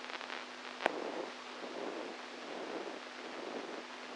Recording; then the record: brain microelectrode recording played as sound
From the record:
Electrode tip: inside the subthalamic nucleus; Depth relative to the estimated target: -3 mm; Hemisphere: right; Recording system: NeuroSet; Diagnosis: Parkinson's disease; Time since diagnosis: 10 years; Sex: male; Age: 65 years